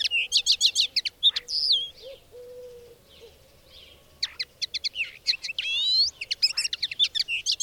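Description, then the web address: Bird song: rapid high chirps and whistles, a pause of about two seconds with a soft low whistle, then more rapid chirps and trills. "madarak enek"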